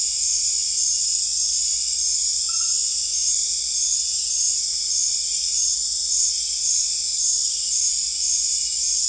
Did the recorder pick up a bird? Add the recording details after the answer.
no. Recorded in dense forest near Puerto Asís, Putumayo, Colombia, on 20 December 2024 at 19:30. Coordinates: 0.482, -76.320. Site G021